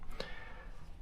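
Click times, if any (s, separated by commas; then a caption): 0.2 s. A flight battery, its tabs squeezed, is pushed into the battery bay of a scale RC Boeing AH-64 Apache helicopter. A faint tap comes at 0.0 s, then a short, sharp plastic click at 0.2 s. The battery seats in the bay.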